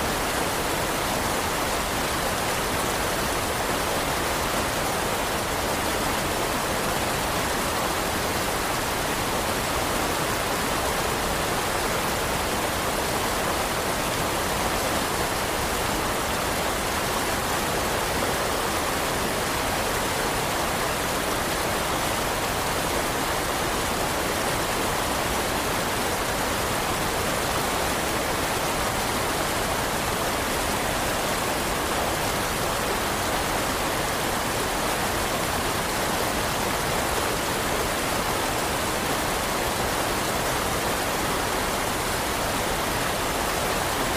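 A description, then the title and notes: A winter river rushes past in a dense, unbroken wash of water, steady from start to finish with no distinct splashes or pauses. The sound is close and full, strongest in the bright hiss, with a softer low churn beneath. Winter River Sleeping Sounds.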